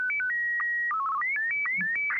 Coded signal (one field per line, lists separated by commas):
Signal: SSTV (slow-scan television)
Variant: Martin 1